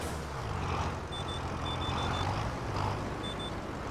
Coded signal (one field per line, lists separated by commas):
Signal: none